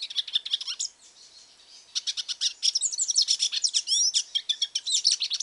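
Hooded siskin giving a rapid, jumbled twittering song with sharp whistled notes and buzzy chatter, pausing briefly after the first second.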